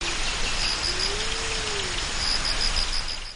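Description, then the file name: Japanese wood pigeon cooing: one low, moaning note that swells and fades over about a second and a half, heard through steady rain with faint high insect-like chirps. "karasubato"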